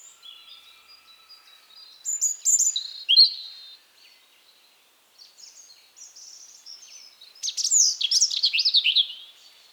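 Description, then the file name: European robin singing sweet, high tumbling phrases with sharp notes, a pause, then a rapid warbled burst at the end. "Erithacus rubecula"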